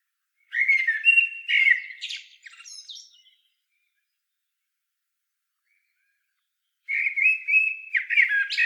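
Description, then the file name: Common blackbird sings two warbled phrases with squeaky high endings, separated by about three and a half seconds of silence. "Turdus merula"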